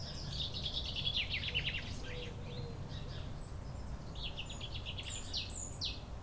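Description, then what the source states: Common Chaffinch delivering a rattling, descending trill, then a second run of quick notes and high sharp whistles, over a low steady background noise. Singing near Chindrieux's oldest tree, a centuries-old lime tree, in a neighbourhood park in Chindrieux, France.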